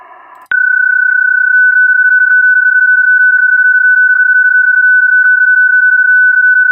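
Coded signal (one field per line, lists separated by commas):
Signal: PSK31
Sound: a steady pure tone near 1.5 kHz with occasional faint clicks or warbles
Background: brief radio static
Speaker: Oh, shoot, I think I got a call again. I'll use a macro for calling CQ.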